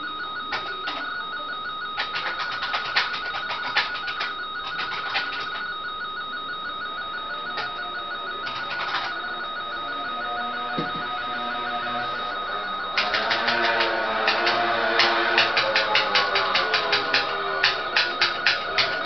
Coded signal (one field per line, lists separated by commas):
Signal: RTTY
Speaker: vamos a lanzar una portadora para transmitir. Vamos a ver pruebas de